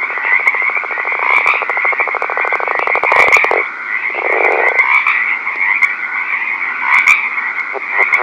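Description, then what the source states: Northern leopard frog giving a long, fast rattling snore, then a shorter rough burst, over a steady shrill background chorus. Recorded at night.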